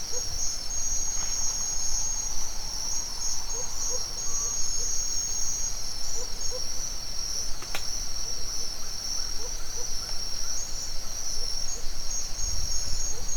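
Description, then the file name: Crickets trill steadily at high pitch, with a sharp click midway, occasional faint notes, and a low rumble near the end. Forest at dawn in Mexico. "felix blume nature ambience forest dawn owl birds crickets insects mexico"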